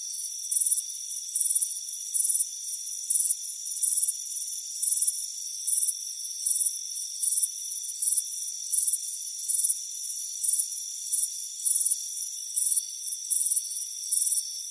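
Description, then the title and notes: Cricket chirps, about eighteen short shrill bursts in a steady rhythm, set against a constant high ringing drone. Crickets chirping on a warm afternoon on a front porch, a soothing sound. "Soothing Crickets Chirping Sound. It's a warm afternoon as you relax in a hammock on the front porch. Relax and fall asleep to the soothing sound of chirping crickets. Deep Sleep Sounds"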